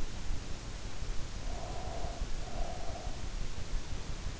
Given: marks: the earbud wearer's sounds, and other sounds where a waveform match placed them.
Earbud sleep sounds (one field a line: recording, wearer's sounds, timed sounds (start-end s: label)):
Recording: sounds in sleep by an in-ear microphone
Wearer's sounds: breath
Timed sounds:
1.36-3.51 s: breath